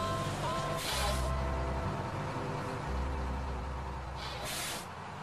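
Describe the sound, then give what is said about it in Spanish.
A bus engine rumbles low and steady, broken by two sharp, loud hissing bursts of air brakes a few seconds apart, with no voices, in the Latin American Spanish dub of South Park. “Señorita Crabtree, hay otro mendigo sucio en el autobús.”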